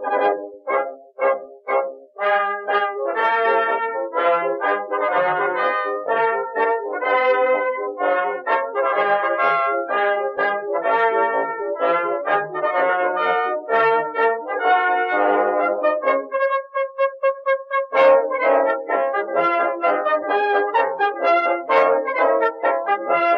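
A warm instrumental plays a steady stream of quick, plucked or struck notes in the middle register, busy and even throughout. Around sixteen seconds the lower notes drop out and a single held tone sustains briefly before the brighter, dense playing returns.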